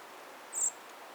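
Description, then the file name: Eurasian blackbird uttering a single thin, high-pitched, slightly drawn-out call note amid soft constant hiss. "Turdus merula"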